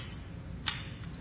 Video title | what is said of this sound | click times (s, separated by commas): Watch Live: Pike County Massacre Trial - OH v. George Wagner IV Day Eleven | go here click locks into place at that point | 0.7 s